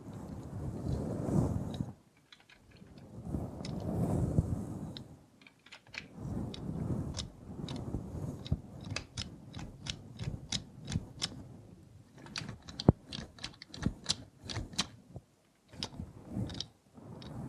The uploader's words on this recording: Try ASMR with a Robot Hand (No Talking).